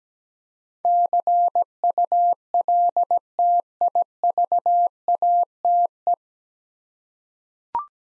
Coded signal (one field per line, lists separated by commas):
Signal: Morse code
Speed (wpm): 17 wpm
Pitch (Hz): 700 Hz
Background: none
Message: CULTIVATE